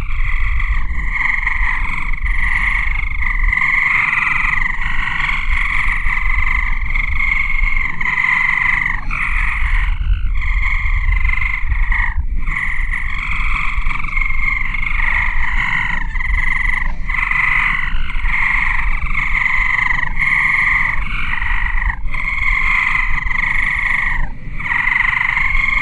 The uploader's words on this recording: Source recording of electronic crickets over Ohio circa summer 1995.